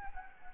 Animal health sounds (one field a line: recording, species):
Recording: mosquito wingbeat signal from an infrared sensor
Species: Anopheles gambiae